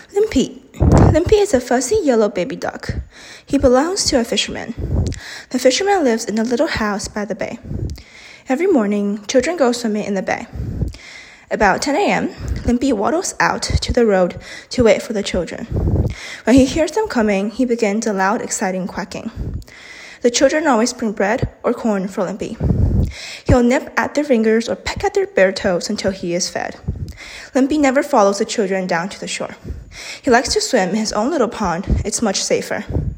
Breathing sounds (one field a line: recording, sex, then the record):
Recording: reading aloud after running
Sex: female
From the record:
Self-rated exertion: moderate exertion (3 of 6)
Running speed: 5 miles an hour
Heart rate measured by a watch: 165 beats a minute at the start, 145 at the end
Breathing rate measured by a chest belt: 17 breaths a minute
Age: 18 years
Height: 171 cm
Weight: 75 kg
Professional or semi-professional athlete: no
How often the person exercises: 1 to 2 times a week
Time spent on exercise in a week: under 1 hour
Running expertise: no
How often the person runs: 1 to 2 times a week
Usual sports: running, fencing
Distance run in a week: 3 km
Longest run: 21.3 km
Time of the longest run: 190 minutes